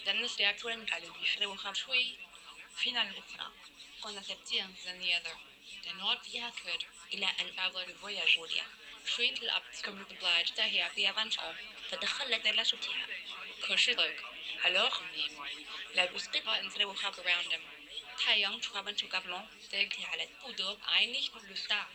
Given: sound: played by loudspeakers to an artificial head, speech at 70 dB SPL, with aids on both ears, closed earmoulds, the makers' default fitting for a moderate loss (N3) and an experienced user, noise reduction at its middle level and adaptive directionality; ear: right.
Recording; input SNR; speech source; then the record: speech test signal (ISTS) in cocktail-party noise; +3 dB; on the right (90 degrees)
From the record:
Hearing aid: class 1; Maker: I